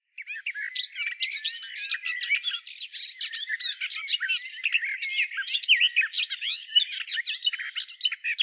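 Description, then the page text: Garden warbler song, a long unbroken stream of rapid, mellow warbling notes and chatter running throughout without pause. "Timo Tschentscher - садовая славка"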